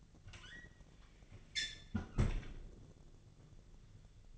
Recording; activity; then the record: daily activity, microphone in the room; close fridge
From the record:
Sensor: 4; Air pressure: 1000.9 hPa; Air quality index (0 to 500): 131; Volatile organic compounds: 2 ppm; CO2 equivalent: 981 ppm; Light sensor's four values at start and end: 27/64/27/29 and 30/73/30/33